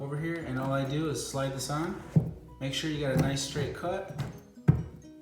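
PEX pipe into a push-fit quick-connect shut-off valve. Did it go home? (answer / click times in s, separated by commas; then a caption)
yes / 4.7 s. A quick-connect push-fit shut-off valve is slid onto a straight-cut end of plastic PEX pipe, and the metal teeth inside grip the pipe. Someone talks over background music, then a short sharp click at 4.7 s marks the valve locking into place on the pipe.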